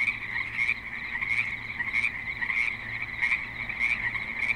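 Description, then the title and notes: Frogs calling in chorus, overlapping croaks forming a continuous trill with louder pulses every half second or so, and a low hum underneath. Frogs at a creek in Spanish Springs, Nevada, in a suburban setting with light traffic and other suburban sounds. "Frogs in Spanish Springs, NV - creek view. Frogs with light traffic and other suburban sounds"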